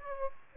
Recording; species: mosquito wingbeat signal from an infrared sensor; Aedes aegypti